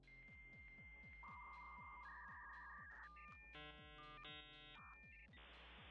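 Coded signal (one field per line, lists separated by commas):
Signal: dial-up modem handshake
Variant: V.34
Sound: steady high answer tone, warbling two-tone exchanges, chord-like probe bursts, then loud hiss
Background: background music beat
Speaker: That is honestly one of the revisions of dialup that I find to be one of the most popular but not the most popular. Capable of transferring data from 28.8 kilob to 33.6 kilob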